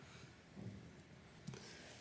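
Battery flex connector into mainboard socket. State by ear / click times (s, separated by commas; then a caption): not seated / none. A battery flex connector is lined up and pushed down toward the mainboard socket of a Nokia 2.3 during a mainboard swap. Only faint handling noise is heard, with a brief sharp tick around 1.5 s. Nothing has seated or clicked yet.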